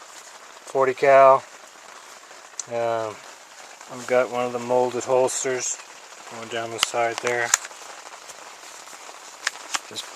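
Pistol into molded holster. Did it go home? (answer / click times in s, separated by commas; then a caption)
yes / 9.5 s, 9.8 s. Someone talks, then pushes a Glock 23 .40 caliber pistol into a molded paddle holster that rides on the hip, with the paddle going inside the pants. Two sharp clicks are heard at 9.5 s and 9.8 s as the pistol snaps in and seats in the holster.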